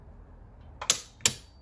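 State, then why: Seated. A fuel filter housing cap on a 2018 Ram 2500 diesel pickup is turned and held into the filter housing, giving sharp clicks at 0.9 s and 1.3 s, each with a softer lead-in tick just before. The cap seats with the click that means it is closed correctly, tightened without over-tightening.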